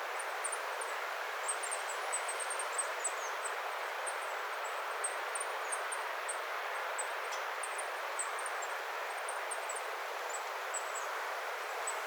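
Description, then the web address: Goldcrests giving very high, thin, faint see-see notes in quick irregular strings throughout, over a steady broad hiss of background noise. Several goldcrests calling eagerly, 11 October 2025. "11 10 2025 hippiaisten innokasta aantelya"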